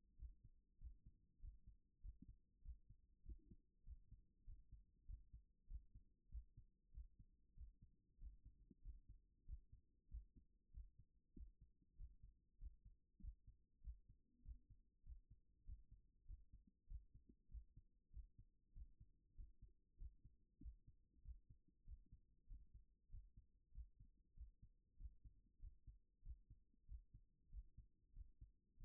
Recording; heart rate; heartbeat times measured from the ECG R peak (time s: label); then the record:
heart sounds by stethoscope; 96 bpm
0.14 s: heartbeat
0.76 s: heartbeat
1.38 s: heartbeat
1.99 s: heartbeat
2.60 s: heartbeat
3.21 s: heartbeat
3.82 s: heartbeat
4.42 s: heartbeat
5.04 s: heartbeat
5.65 s: heartbeat
6.27 s: heartbeat
6.89 s: heartbeat
7.52 s: heartbeat
8.16 s: heartbeat
8.80 s: heartbeat
9.43 s: heartbeat
10.07 s: heartbeat
10.69 s: heartbeat
11.32 s: heartbeat
11.94 s: heartbeat
12.56 s: heartbeat
13.18 s: heartbeat
13.79 s: heartbeat
14.40 s: heartbeat
15.01 s: heartbeat
15.62 s: heartbeat
16.24 s: heartbeat
16.85 s: heartbeat
17.47 s: heartbeat
18.09 s: heartbeat
18.71 s: heartbeat
19.33 s: heartbeat
19.95 s: heartbeat
20.58 s: heartbeat
21.20 s: heartbeat
21.82 s: heartbeat
22.45 s: heartbeat
23.07 s: heartbeat
23.70 s: heartbeat
24.32 s: heartbeat
24.95 s: heartbeat
25.57 s: heartbeat
26.20 s: heartbeat
26.84 s: heartbeat
27.48 s: heartbeat
28.11 s: heartbeat
28.75 s: heartbeat
From the record:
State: after exercise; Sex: male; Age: 39 years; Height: 186 cm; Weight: 113 kg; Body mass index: 32.66